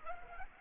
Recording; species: mosquito wingbeat signal from an infrared sensor; Culex pipiens